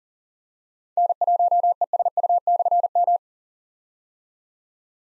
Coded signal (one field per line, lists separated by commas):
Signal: Morse code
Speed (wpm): 38 wpm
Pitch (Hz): 700 Hz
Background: none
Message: N1ESU/M